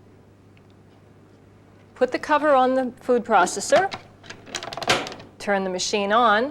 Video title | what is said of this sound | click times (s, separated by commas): 1998 Cuisinart DLC 10 | you'll feel and hear it click into place | 0.6 s